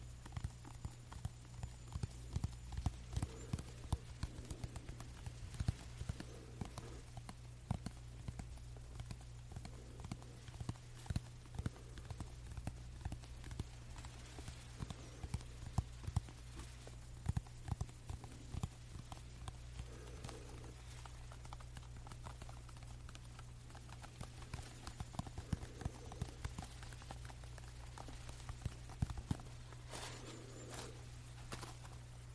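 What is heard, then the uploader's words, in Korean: Crisp tapping and scratching on a lamp, in irregular clusters of quick clicks with short rubbing strokes every few seconds. A steady low hum runs underneath the whole time. Busier bursts come near 3 to 7 seconds, around 15, and between 25 and 31. 조명 스크래칭 , 탭핑.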